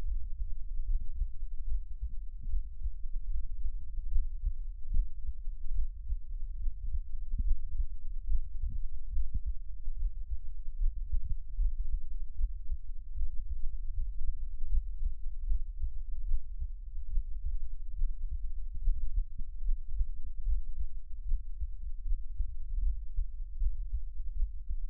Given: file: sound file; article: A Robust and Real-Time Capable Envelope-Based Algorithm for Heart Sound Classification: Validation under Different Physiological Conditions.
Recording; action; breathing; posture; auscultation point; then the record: heart sounds by electronic stethoscope; rest; normal; lying on back; Erb’s point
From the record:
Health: healthy, no known heart disease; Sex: male